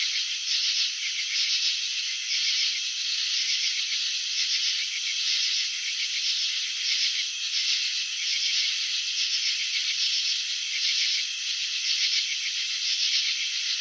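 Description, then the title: Crickets chirping in an unbroken, shimmering high trill with fine rapid pulsing and gentle rises and falls in volume throughout. Shown in slow motion, highlighting wing vibrations that produce the chirping and antenna movements. "Crickets in Slow Motion 📷. Capturing the Elegance of Chirping"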